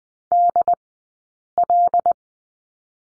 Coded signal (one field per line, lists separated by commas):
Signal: Morse code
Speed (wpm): 20 wpm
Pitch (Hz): 700 Hz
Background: none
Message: DL